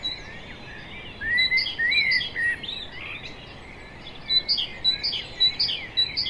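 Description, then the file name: Common blackbird song: whistled slurs, then a busy string of sharp high notes repeated rapidly toward the end, over steady hiss. "Turdus merula"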